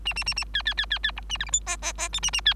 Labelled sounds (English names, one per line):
Bengalese Finch song